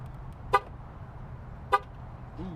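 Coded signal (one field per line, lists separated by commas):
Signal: beep code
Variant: Jeep remote start chirp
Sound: two brief car horn chirps about a second apart over a low rumble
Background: low engine rumble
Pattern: 2 short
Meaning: Remote start accepted; the engine starts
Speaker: Ooh, 2 beeps. And it starts up.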